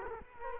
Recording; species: mosquito wingbeat signal from an infrared sensor; Culex quinquefasciatus